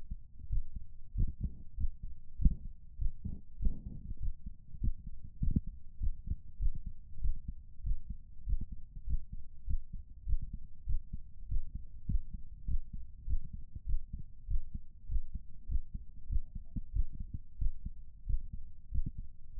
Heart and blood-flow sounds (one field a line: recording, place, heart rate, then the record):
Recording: heart sounds by stethoscope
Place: pulmonary valve (PV)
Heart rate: 98 bpm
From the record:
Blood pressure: 106/72 mmHg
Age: 33 years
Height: 183 cm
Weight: 80 kg